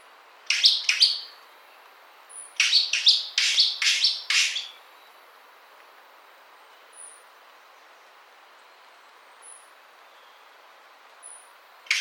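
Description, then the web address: Bird uttering rapid groups of high, sharp chirps, two notes then a run of about six, followed by a long quiet pause and a single final note. "BIRD 2015 SABIOD"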